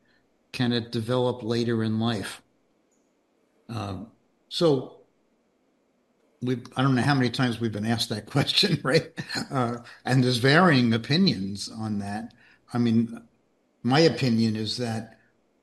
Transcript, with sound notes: Can it develop later in life?" Um, so, we've ... I don't know how many times we've been asked that question, right? (laughs) Uh, and there's varying opinions on that. I mean, my opinion is that